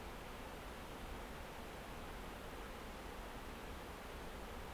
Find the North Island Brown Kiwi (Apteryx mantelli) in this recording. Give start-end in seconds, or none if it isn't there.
none